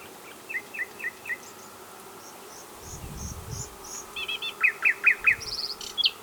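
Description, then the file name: Common nightingale song with soft repeated notes, a quiet high series over a low rumble, then louder sharp slurred notes and a brief high flourish. "Luscinia megarhynchos"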